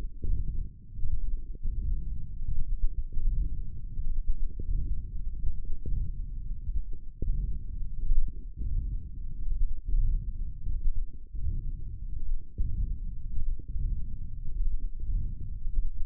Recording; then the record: forearm muscle sounds (acoustic myography)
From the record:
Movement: wrist extension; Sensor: system 1, eight BSWA MPA416 microphones around the upper forearm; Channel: 5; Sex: female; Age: 22 years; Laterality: right